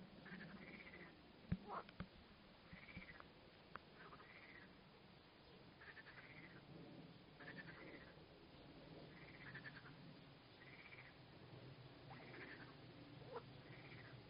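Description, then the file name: Frogs calling in a chorus of arched croaks repeated about every one to two seconds, with a few clicks and a steady low hum. Frog chorus recorded at Arles. "Chant des grenouilles Arles"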